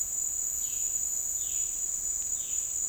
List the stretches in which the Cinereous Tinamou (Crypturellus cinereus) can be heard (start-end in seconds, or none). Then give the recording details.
none. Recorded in dense forest near Puerto Asís, Putumayo, Colombia, on 4 March 2025 at 09:30. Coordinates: 0.499, -76.324. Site GP03